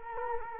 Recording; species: mosquito wingbeat signal from an infrared sensor; Culex quinquefasciatus